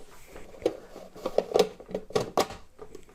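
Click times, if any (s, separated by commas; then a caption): 1.4 s. A plastic globe cover for a bathroom or balcony ceiling lamp is fitted onto its base, with its three plastic tabs lined up and the globe pushed and turned into place. A series of sharp plastic clicks and knocks is heard, the clearest at 1.4 seconds, when the globe seats firmly on the base.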